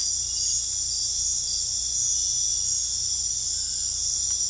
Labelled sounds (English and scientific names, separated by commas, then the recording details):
none
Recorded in dense forest near Puerto Asís, Putumayo, Colombia, on 18 December 2024 at 22:00
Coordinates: 0.481, -76.323
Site G100